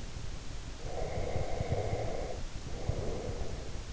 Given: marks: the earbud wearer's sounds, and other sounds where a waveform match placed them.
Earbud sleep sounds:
sounds in sleep by an in-ear microphone; breath
0.74-3.91 s: breath

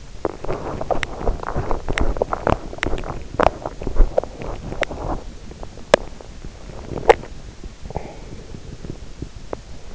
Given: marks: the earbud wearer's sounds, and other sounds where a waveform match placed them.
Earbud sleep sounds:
sounds in sleep by an in-ear microphone; swallowing
0.00-8.98 s: swallowing

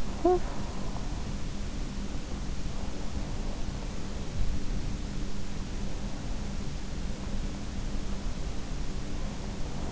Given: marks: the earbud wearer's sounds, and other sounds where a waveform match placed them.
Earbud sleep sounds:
sounds in sleep by an in-ear microphone; talking in sleep
0.00-1.00 s: talking in sleep

